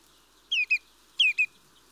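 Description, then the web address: Mistle thrush giving two quick double calls, each a downslurred note followed by a shorter clipped one. "BBC Sound Effects Library Birds Mistle Thrush (Turdus Viscivorus)"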